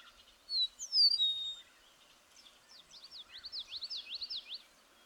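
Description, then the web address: Bird song opening with a loud high whistled slide, then a rapid run of repeated downslurred chirps over light background noise. "birdsong 162"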